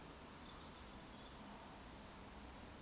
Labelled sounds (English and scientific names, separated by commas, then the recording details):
Eurasian Woodcock (Scolopax rusticola) whistle
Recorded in Baden-Württemberg, Germany, on 18 June 2021 at 19:33 UTC
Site 49334, 1074 m above sea level